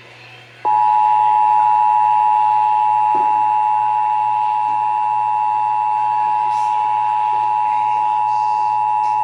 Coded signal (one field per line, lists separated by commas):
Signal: Emergency Alert System (SAME) tones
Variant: 853 and 960 Hz attention tone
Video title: (EAS #287) Severe Thunderstorm Warning (WBAP-AM)